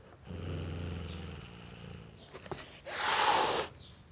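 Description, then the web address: Domestic cat giving a low, rumbling growl that fades, then one sharp, breathy hiss lasting under a second. Male tom cat hissing at a dog. "The BBC Sound Effects Library - Complete 60 CDs Collection Sound Effects Library-44 (Cats) Tom Cat Hissing At Dog"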